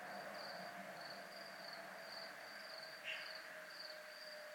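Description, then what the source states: Crickets sing a continuous high pulsed trill in regular bursts, with one brief louder chirp midway and a faint low hum beneath. Crickets at a place called zona militar.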